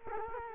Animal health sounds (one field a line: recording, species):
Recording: mosquito wingbeat signal from an infrared sensor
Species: Culex quinquefasciatus